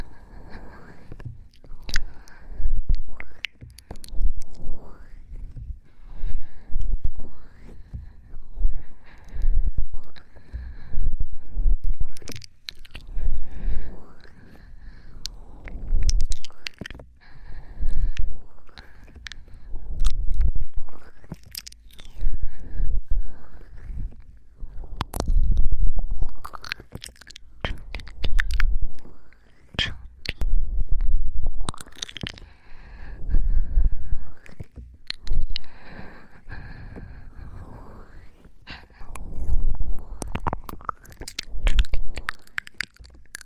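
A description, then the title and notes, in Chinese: Close breathing and mouth sounds right at the ear: soft wet clicks, smacks and bursts of breath come in uneven waves every second or two, with brief pauses between. The sounds are near, with a low rumble under the sharper bright clicks. 耳边酥麻口水耳语、耳边喘息口腔音。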